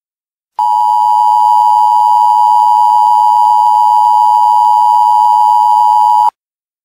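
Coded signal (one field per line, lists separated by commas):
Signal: Emergency Alert System (SAME) tones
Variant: 853 and 960 Hz attention tone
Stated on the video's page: Fictional EAS scenario about an escaped patient, not a real alert.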